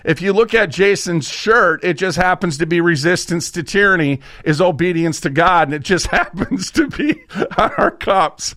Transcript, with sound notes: If you look at Jason's shirt, it just happens to be resistance to tyranny is obedience to God, and it just happens (laughs) to be on our cups.